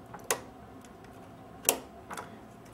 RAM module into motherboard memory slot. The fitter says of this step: and then they snap right into place